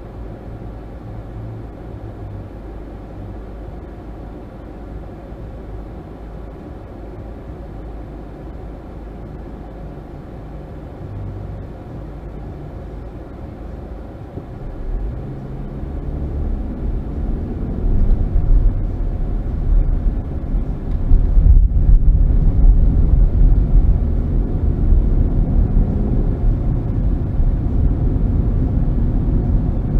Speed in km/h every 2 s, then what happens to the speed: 0, 0, 0, 0, 0, 0, 0, 0, 16, 23, 26, 29, 39, 45, 48.
0-14 standing. 14-30 pulls away to 48.